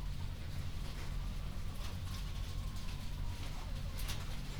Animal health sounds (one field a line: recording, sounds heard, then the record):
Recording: poultry house recording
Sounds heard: healthy chickens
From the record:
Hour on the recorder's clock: 21